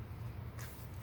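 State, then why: Not seated. An electrical connector is pushed onto the cam sensor of a 2013 Chevrolet Impala engine but does not go all the way home, because the blue tab is in the way. Over a steady low hum, a brief scraping burst of noise is heard at about 0.6 s. The connector is not seated, and nothing has clicked yet.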